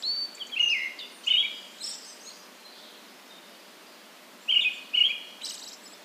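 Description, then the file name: Brown-headed thrush singing paired whistled phrases, two at the start and two near the end, with thin high notes around them. "akahara"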